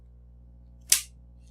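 The next memory stick of a pair is pushed into its slot on a memory riser card in a 2006 Mac Pro during a memory upgrade. A single loud, bright snap at 0.9 s marks the module locking into place over a steady low hum. The stick is seated.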